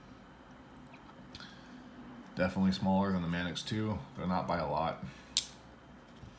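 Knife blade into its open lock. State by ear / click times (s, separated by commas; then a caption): seated / 5.4 s. A folding pocket knife blade is flipped open and locks in the open position with a loud, sharp clunk at 5.4 s. Someone talks before the lockup, and the blade is seated and locked open.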